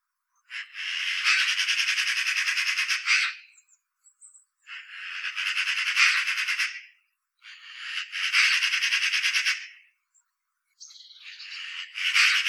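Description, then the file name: Eurasian magpie repeating long, rasping machine-gun rattles, with short silent gaps between bursts. "Pica pica"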